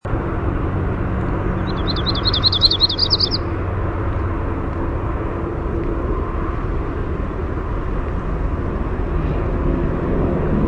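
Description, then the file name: Yellow-rumped warbler singing a single brisk trilled phrase of about two seconds near the start, then only continuous low vehicle rumble. "YRWA song"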